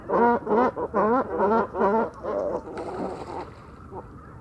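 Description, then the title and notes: Great cormorant gives a rapid series of about six gargling, stepped croaks, then weaker calls trailing off, with a low rumble behind. Evening roost of many birds on fishermen's posts at the shore of Vaccarès, Camargue, 4 January 2020; incessant conflicts over limited space until nightfall; distant car murmur; Mixp3 recorder, MKH40 microphone. "Dortoir de Grands cormorans. 04 janvier 2020-Bord du Vaccarès - Camargue"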